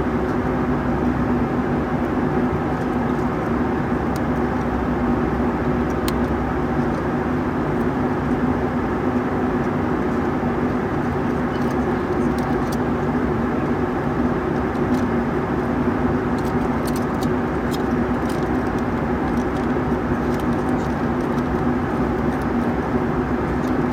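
Inside a Boeing 757 in flight, the engines make a steady, dense roar that stays level for the whole stretch, heaviest in the low and middle range with a faint hum line. Small light clicks and ticks surface now and then, mostly after the midpoint.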